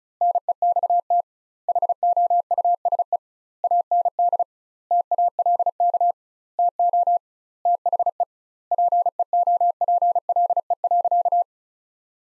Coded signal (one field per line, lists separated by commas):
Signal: Morse code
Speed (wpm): 34 wpm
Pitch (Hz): 700 Hz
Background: none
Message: NEXT HOUSE AND TALK TO THE PEOPLE.